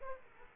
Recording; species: mosquito wingbeat signal from an infrared sensor; Aedes aegypti